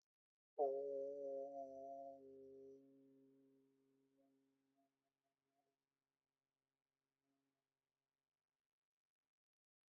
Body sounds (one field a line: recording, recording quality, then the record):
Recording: sustained vowel as in boot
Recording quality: excellent, no background noise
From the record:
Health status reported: healthy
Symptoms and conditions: none ticked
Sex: male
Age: 22 years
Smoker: not ticked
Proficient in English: yes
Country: Canada